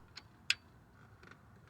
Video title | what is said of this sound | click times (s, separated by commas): Ford F150 3.7 3.5 Timing Chain And Head Gasket Full Guide | Insert the tensioner until you hear a click, and pull out the plastic clip. | 0.5 s